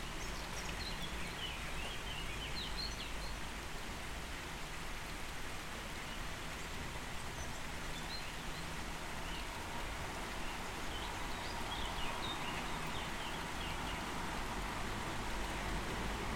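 Steady rain hisses evenly throughout, over a low wind rumble on the microphone, with faint scattered bird chirps high above the wash.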